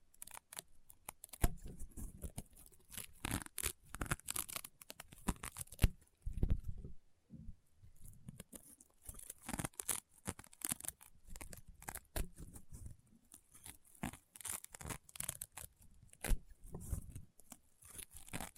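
Crunchy, popping slime being squeezed and pressed, with dense, irregular crackles and sharp pops coming in rapid clusters throughout. The snaps are bright and crisp, with occasional fuller, heavier squelches around the six-to-seven second mark and brief quieter gaps between bursts.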